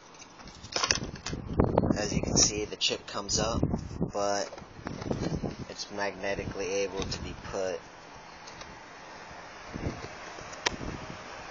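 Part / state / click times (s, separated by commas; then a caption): magnetic chip holder into converted game cartridge case / seated / 10.7 s. Someone talks while handling a detachable magnetic chip holder from a velvet Super Nintendo game cartridge converted into a cigarette case. After a quieter stretch, the holder is put back into the case, where a magnet holds it, and it snaps into place with one sharp click at 10.7 s, seated.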